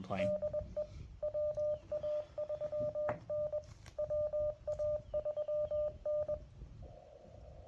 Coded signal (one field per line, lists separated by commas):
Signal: Morse code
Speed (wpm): 20 wpm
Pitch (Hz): 590 Hz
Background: speech, radio noise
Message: DE WA3N WA3N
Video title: US-12071 CW Revisit